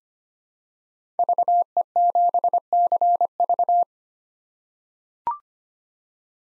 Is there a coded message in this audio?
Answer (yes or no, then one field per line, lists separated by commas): yes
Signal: Morse code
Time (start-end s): 1.2-3.8 s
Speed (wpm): 25 wpm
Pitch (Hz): 700 Hz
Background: none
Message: VE7CV